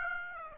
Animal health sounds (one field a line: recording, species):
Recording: mosquito wingbeat signal from an infrared sensor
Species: Aedes aegypti